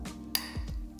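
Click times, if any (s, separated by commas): 0.4 s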